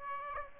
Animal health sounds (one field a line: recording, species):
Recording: mosquito wingbeat signal from an infrared sensor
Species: Aedes aegypti